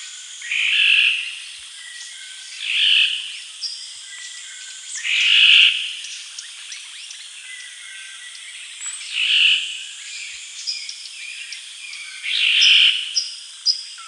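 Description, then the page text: Black-naped oriole giving harsh, nasal, drawn-out calls, five of them spaced roughly two to four seconds apart, with thin high whistles from other birds behind. "Black-Naped Oriole Calls. Quick Sounds"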